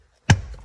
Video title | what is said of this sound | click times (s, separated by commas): Lasfit Lighting floor mat install on a SRT Durango | This pops right in. | 0.3 s